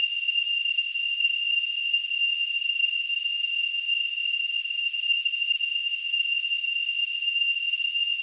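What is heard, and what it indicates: Simulated tinnitus sound.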